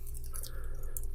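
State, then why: Seated. Two halves of a metal ring-spring snap fastener, a socket and stud of the kind used on leather, are pressed together by hand, with a few faint ticks before the ring expands and snaps around the stud's waist in a sharp click at 1.0 s. The socket is seated on its stud.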